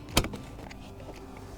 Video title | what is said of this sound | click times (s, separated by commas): How to Install a Forward-Facing Child Car Seat | and you'll hear it snap in | 0.2 s